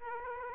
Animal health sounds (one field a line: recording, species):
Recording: mosquito wingbeat signal from an infrared sensor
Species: Aedes aegypti